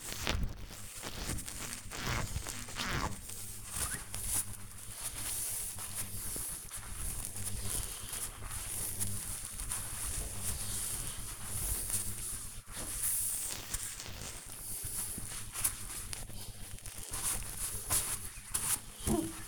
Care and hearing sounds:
household activities, microphone on the right wrist
0.00-19.48 s: window cleaning

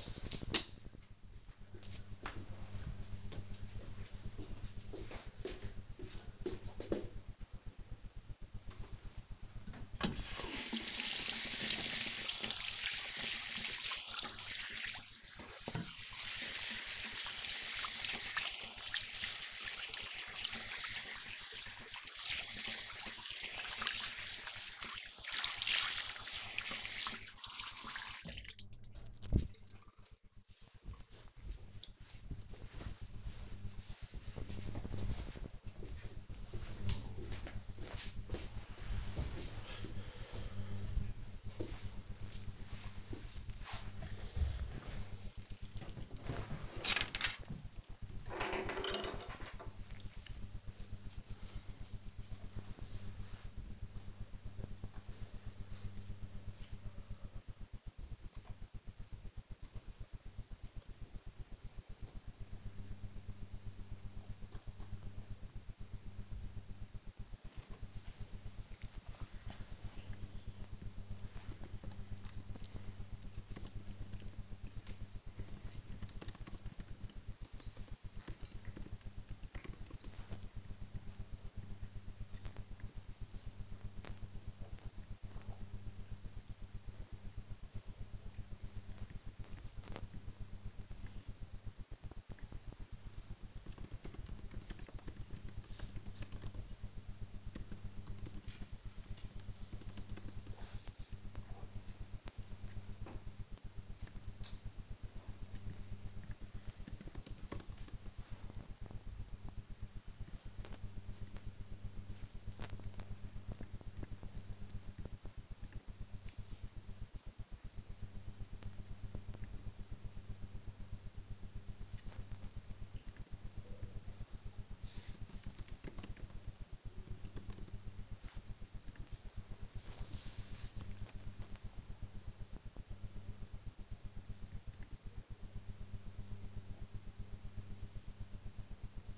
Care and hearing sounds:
household activities, microphone on the right wrist
8.43-29.56 s: washing hands
66.81-139.18 s: working on the computer

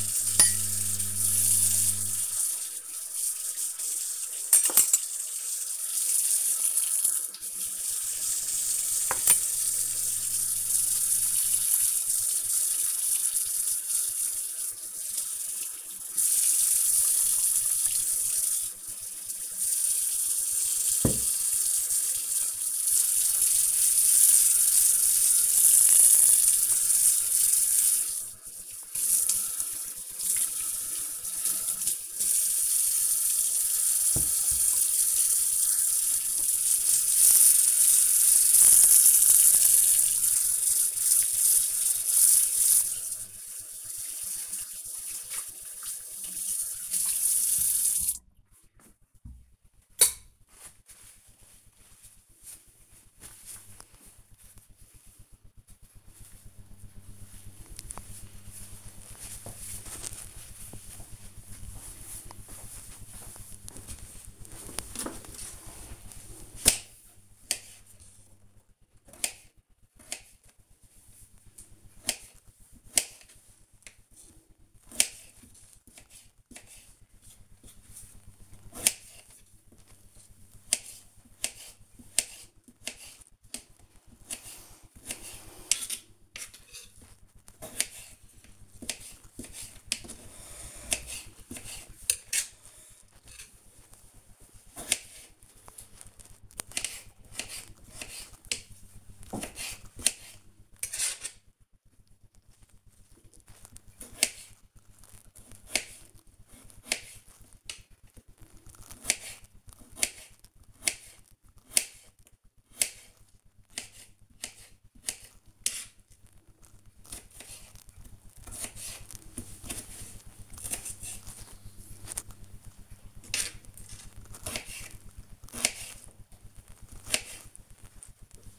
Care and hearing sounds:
household activities, microphone on the right wrist
0.00-49.74 s: washing dishes
64.83-128.27 s: cutting vegetables

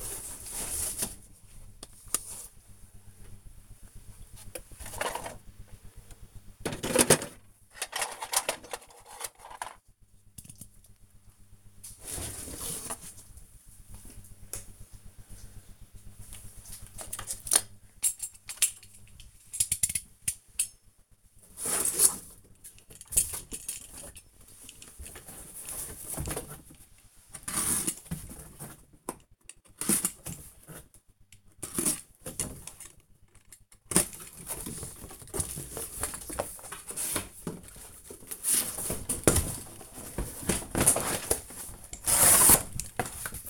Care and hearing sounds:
household activities, microphone on the right wrist
0.00-15.50 s: play with the dog
23.57-43.50 s: cutting cardboard

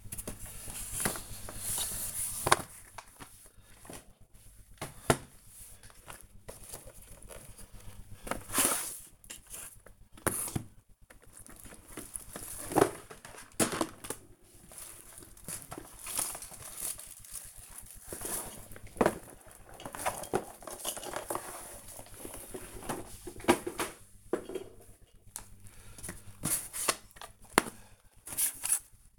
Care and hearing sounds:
household activities, microphone on the right wrist
0.00-29.19 s: cleaning the cupboard

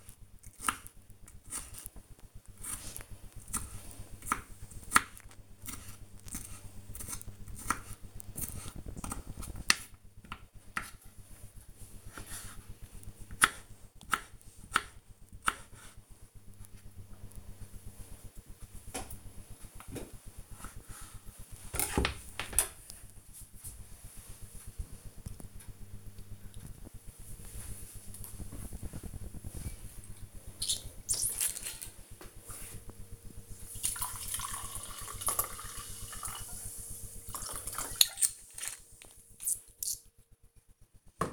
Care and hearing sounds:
household activities, microphone on the right wrist
0.00-21.42 s: cutting vegetables
30.49-41.33 s: drinking

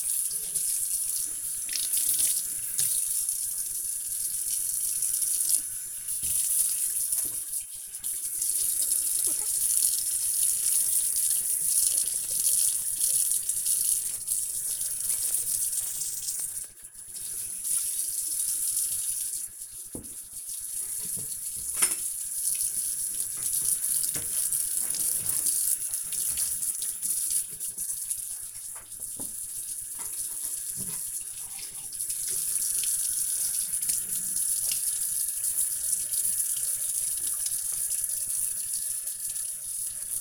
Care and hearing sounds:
household activities, microphone on the right wrist
0.00-40.21 s: washing dishes

